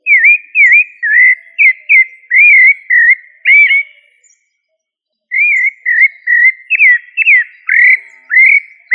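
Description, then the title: Thrush song of rapid, melodious whistled notes bending up and down, two long phrases with a gap of about a second between them. "Familia Turdidae - Sabia"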